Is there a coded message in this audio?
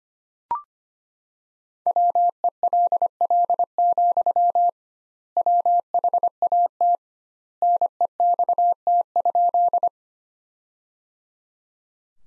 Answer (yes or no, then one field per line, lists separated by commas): yes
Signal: Morse code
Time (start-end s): 1.9-9.9 s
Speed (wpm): 25 wpm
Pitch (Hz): 700 Hz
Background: none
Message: WELL, WHAT NEXT?